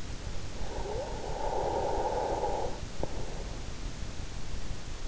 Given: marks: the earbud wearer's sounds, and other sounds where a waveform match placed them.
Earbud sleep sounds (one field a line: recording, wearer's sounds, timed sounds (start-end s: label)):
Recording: sounds in sleep by an in-ear microphone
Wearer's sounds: breath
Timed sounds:
0.67-3.39 s: breath